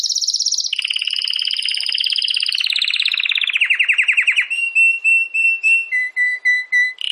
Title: Canário Belga Campainha Canary Singing